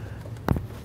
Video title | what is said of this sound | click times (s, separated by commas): How to Replace Blower Motor Resistor 1994-2004 Chevy S-10 | we are get a nice click going and then give it a nice tug to make sure it's secure | 0.5 s